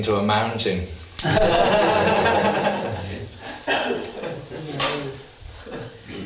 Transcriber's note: laughter